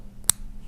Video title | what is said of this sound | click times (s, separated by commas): In case you missed it - Carolyn Pollack Jewelry on Amazon Livestream Show | you heard it click right into place | 0.3 s